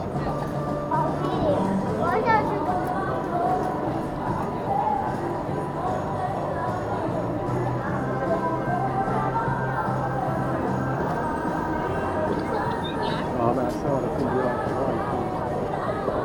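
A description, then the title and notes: A busy shopping street full of people, with many overlapping voices chattering. The crowd murmur stays dense and steady throughout, with occasional brighter clinks and footsteps rising above the mix. Up-market shopping street. Captured on a street that is home to high-end shops. The street is busy with people shopping for Christmas gifts. It is late afternoon.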